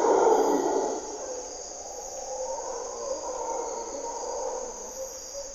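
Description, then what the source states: Mantled howler monkey roar bursting loudly at the start, then continuing as a quieter, rolling chorus, with high insects droning steadily behind. Mantled howler monkeys calling at morning twilight, waking the jungle, primary hardwood forest by a deep river valley, Corcovado National Park, Osa Peninsula, Costa Rica; distinctive grunts and calls.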